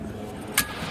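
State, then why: Seated. During a Swift diesel engine timing chain replacement, a metal timing chain tensioner/lock part is turned and fitted into the engine front until it locks. A single sharp metallic click sounds at 0.6 s over low background noise. The part is confirmed locked in place right after.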